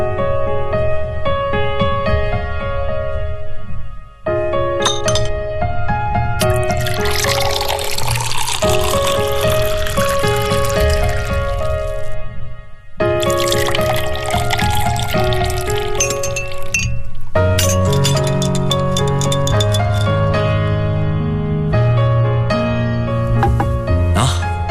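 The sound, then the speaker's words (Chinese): Liquid pours steadily with clinking crushed ice and glassware as a clear cocktail of white rum, lime juice, sugar syrup and Angostura bitters is served, a bright rattling layer over a sustained musical backdrop, breaking briefly twice before a final burst of ice chatter. “这是你的鸡尾酒。 哎呦，这么多碎冰啊，难道真是柠檬水加冰块吗？”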